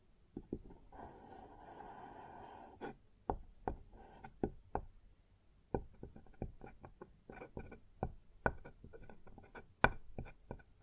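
Sharp knocks and taps on a wooden surface come irregularly, sparse at first and then busier after about six seconds, some in quick pairs. Early on, around one to three seconds, a scraping or rubbing sound runs beneath the hits. Between the impacts there is a low, quiet hum.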